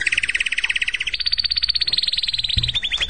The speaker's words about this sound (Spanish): Estamos escuchando al jilguero